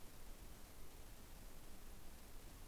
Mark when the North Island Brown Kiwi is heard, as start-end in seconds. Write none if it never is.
none